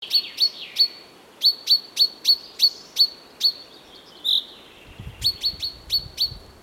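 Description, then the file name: Common chaffinch giving sharp, bright call notes in runs separated by short pauses, with one different-sounding note near the middle. "Fringilla coelebs"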